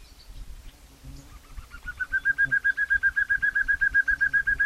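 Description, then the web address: Common nightingale song phrase: a quiet opening, then a long run of identical piping notes that grows louder; low rumbling background noise. "SETE Luscinia megarhynchos"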